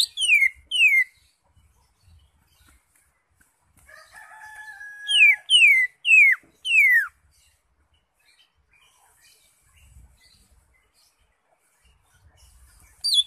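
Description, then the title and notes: Greater Green Leafbird song: bright falling whistles in small clusters, with a steady, flat drawn-out tone between phrases and quiet gaps. Recording intended as a master for training caged birds. "Suara Burung Cucak Ijo. mantap buat masteran burung cak ijo"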